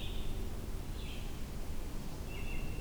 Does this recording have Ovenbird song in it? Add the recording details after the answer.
no. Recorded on 22 June 2016 at 08:21. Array SBT-6-76